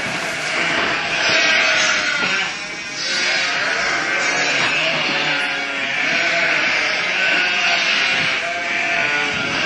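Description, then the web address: Sheep bleating: loud, overlapping, harsh wavering bleats run almost continuously throughout, swelling and easing slightly every few seconds, as from several animals together. "wild-game-downloads sheep"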